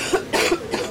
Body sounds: coughing mixed with background sound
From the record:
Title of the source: 61 morning phlegmy cough...again

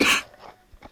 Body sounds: coughing mixed with background sound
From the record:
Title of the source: 64 coughing, allergies, singing lungs

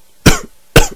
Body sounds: coughing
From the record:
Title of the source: Coughing 51

